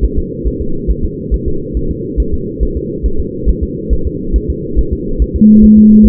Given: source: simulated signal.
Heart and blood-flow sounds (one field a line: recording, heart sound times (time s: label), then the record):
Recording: fetal heart sounds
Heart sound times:
0.05 s: S1
0.19 s: S2
0.47 s: S1
0.62 s: S2
0.91 s: S1
1.05 s: S2
1.34 s: S1
1.48 s: S2
1.77 s: S1
1.91 s: S2
2.20 s: S1
2.34 s: S2
2.63 s: S1
2.77 s: S2
3.06 s: S1
3.20 s: S2
3.49 s: S1
3.64 s: S2
3.93 s: S1
4.07 s: S2
4.36 s: S1
4.50 s: S2
4.79 s: S1
4.93 s: S2
5.22 s: S1
5.36 s: S2
5.64 s: S1
5.78 s: S2
6.06 s: S1
From the record:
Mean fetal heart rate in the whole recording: 140 bpm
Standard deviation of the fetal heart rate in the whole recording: 2 bpm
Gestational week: 34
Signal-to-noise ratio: -8.1 dB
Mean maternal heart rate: 72 bpm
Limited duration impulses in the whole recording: present